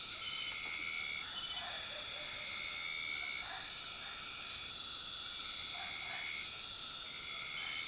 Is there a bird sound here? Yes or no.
no